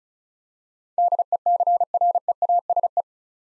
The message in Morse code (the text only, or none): DECREASE